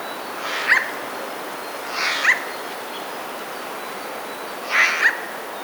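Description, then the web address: Eurasian jay rough rasping alarm calls, three harsh screeches at uneven intervals, each closing with a short clipped note. Three jays giving alarm calls, recorded in May 2017. "ostrzegator trzy sojki 05 2017"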